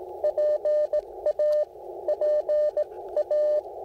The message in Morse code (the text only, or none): PA PA